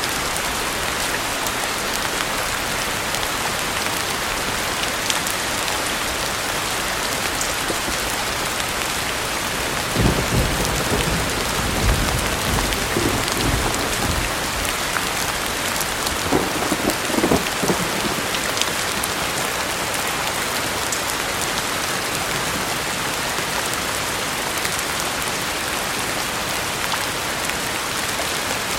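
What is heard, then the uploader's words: Soft rain falls steadily in a dense, even hiss, with a brief burst of low rumbling and patters around ten to eighteen seconds. SOFT RAIN & THUNDER SOUNDS FOR RELAXATION AND SLEEP. The sound of rain falling.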